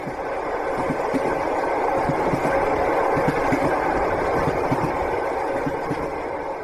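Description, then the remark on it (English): A steady mechanical rumble of a train rolling along the rails in Russia, headed to the town of Yaroslavl on the Golden Ring, with a broad constant hiss and faint repeating low thumps, continuous and even throughout with no voices. “They get on the train and they're headed to a little town called Yaroslavl on the Golden Ring.”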